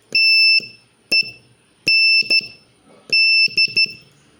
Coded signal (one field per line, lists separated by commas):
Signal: Morse code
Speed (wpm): 12 wpm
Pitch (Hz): 2650 Hz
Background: none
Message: TEND